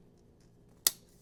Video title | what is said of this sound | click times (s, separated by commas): Master Network Cabling: Pro Termination Techniques for Technicians (Live Class 1) | And you hear that snap. | 0.9 s